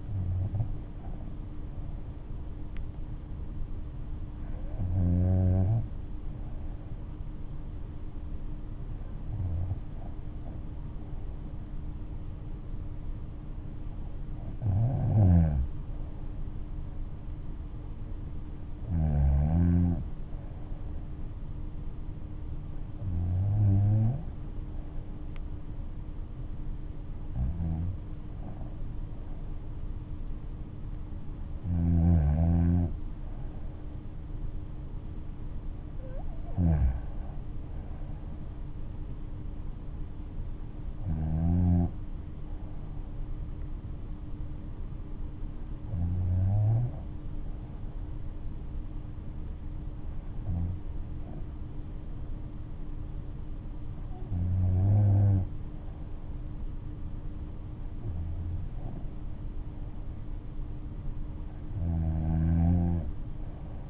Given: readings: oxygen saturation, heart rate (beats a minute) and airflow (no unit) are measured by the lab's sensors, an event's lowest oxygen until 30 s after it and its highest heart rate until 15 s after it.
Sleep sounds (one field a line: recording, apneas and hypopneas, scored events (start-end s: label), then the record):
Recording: breathing in sleep by a smartphone at the bedside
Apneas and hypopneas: none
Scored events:
14.00-63.90 s: new sleep stage, N3 (deep sleep)
From the record:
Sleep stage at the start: N2 (light sleep)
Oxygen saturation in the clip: 95 to 96%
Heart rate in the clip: 59 to 72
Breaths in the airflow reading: 15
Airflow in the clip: -7.0 to 7.8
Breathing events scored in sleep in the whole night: 228 in 5.4 hours asleep